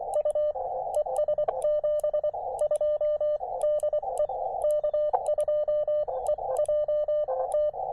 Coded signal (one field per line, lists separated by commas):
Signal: Morse code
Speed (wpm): 23 wpm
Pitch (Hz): 600 Hz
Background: radio noise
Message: U ES 72 DE K2EJT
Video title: SOTA/POTA at Sugar Hill State Forest